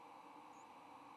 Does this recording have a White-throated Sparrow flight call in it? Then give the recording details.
no. Another species' flight call is heard. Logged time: 09:28 on 8 November 2014